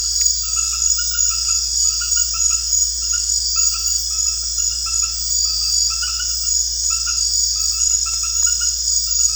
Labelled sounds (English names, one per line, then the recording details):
none
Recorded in secondary vegetation near Puerto Asís, Putumayo, Colombia, on 4 March 2025 at 22:30
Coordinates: 0.484, -76.319
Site G010